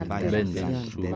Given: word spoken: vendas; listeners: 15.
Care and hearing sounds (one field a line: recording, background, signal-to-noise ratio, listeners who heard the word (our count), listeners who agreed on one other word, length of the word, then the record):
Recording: one Spanish word in noise, from a listening test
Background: four-talker babble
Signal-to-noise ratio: 0.3 dB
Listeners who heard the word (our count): 1 of 15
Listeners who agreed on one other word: 6 of 15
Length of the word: 0.76 s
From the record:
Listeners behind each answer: 6, 2, 1, 1, 1, 1, 1, 1, 1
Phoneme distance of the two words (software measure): 10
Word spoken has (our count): 2 syllables, 6 phonemes, stress on syllable 1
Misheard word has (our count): 2 syllables, 6 phonemes, stress on syllable 1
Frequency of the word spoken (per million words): 1.90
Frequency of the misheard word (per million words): 0.47